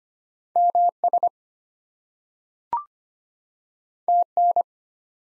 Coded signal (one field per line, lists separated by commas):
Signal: Morse code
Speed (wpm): 25 wpm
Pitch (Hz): 700 Hz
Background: none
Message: MS TN